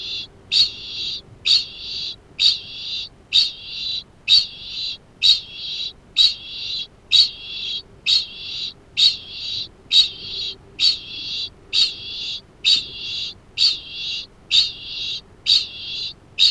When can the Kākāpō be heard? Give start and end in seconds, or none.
0.00-16.50